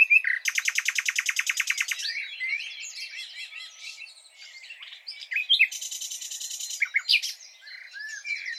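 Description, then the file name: Common nightingale singing a fast pulsed trill of repeated notes, then varied chattering and whistled phrases, and later another rapid series of repeated notes. "Luscinia megarhynchos"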